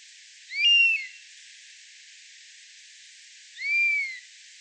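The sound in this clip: Common buzzard giving two drawn-out, mewing calls, each slurring up then down in pitch, about three seconds apart, over a steady faint hiss.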